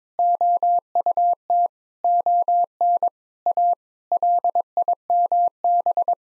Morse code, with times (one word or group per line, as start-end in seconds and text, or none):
0.2-1.7 OUT
2.0-3.1 ON
3.5-3.7 A
4.1-6.1 LIMB